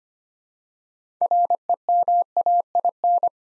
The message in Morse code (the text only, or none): REMAIN